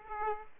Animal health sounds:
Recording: mosquito wingbeat signal from an infrared sensor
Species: Aedes aegypti

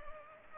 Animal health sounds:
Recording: mosquito wingbeat signal from an infrared sensor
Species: Culex pipiens

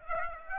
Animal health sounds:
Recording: mosquito wingbeat signal from an infrared sensor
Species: Aedes aegypti

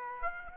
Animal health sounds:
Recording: mosquito wingbeat signal from an infrared sensor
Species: Aedes aegypti

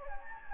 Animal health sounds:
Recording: mosquito wingbeat signal from an infrared sensor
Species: Anopheles gambiae

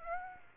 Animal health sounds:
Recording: mosquito wingbeat signal from an infrared sensor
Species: Aedes aegypti

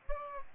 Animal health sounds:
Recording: mosquito wingbeat signal from an infrared sensor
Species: Aedes albopictus

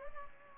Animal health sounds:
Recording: mosquito wingbeat signal from an infrared sensor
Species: Culex pipiens

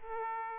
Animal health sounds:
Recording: mosquito wingbeat signal from an infrared sensor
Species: Aedes aegypti

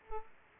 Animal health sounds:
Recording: mosquito wingbeat signal from an infrared sensor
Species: Aedes aegypti

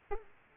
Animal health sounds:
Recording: mosquito wingbeat signal from an infrared sensor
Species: Aedes aegypti

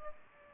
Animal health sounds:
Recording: mosquito wingbeat signal from an infrared sensor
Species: Aedes aegypti

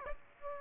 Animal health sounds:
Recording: mosquito wingbeat signal from an infrared sensor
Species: Aedes aegypti

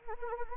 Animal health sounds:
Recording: mosquito wingbeat signal from an infrared sensor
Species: Anopheles arabiensis

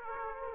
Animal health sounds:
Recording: mosquito wingbeat signal from an infrared sensor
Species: Aedes aegypti

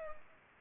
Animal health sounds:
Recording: mosquito wingbeat signal from an infrared sensor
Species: Culex pipiens

